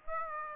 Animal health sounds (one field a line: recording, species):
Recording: mosquito wingbeat signal from an infrared sensor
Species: Aedes aegypti